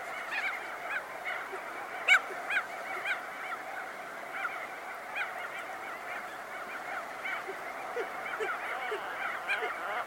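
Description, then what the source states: Crested auklets honking in a busy chorus of overlapping nasal calls, with one sharper call near two seconds. Close-up recording.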